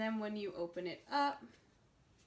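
Someone talks while handling a case back piece that clips onto the back of an iPad Air 4 tablet. Nothing has seated or clicked yet; the clip ends just before the part goes home.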